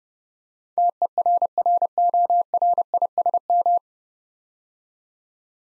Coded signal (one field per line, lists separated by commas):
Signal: Morse code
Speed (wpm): 30 wpm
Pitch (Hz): 700 Hz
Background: none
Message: TERRORISM